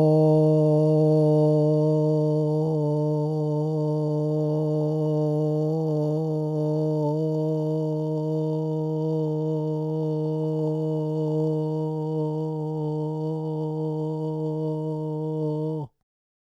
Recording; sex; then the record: sustained vowel /o/; male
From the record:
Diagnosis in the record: Parkinson's disease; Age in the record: 56 years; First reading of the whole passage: 87 s, 6.0 characters per second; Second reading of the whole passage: 67 s, 7.8 characters per second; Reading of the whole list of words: 59 s, 4.8 characters per second